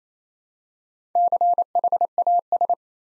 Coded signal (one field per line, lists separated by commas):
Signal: Morse code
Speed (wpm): 29 wpm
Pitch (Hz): 700 Hz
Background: none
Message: CHAS